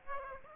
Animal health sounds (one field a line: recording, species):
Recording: mosquito wingbeat signal from an infrared sensor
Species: Aedes aegypti